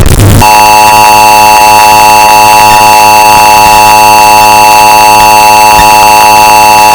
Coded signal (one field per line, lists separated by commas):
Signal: Emergency Alert System (SAME) tones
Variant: 853 and 960 Hz attention tone